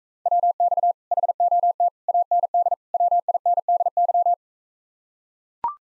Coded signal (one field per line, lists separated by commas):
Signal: Morse code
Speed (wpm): 44 wpm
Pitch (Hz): 700 Hz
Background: none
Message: WX HOT AND WINDY